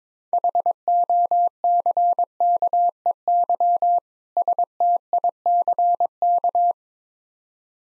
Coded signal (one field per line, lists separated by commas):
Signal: Morse code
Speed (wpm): 21 wpm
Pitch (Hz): 700 Hz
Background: none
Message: HOCKEY STICK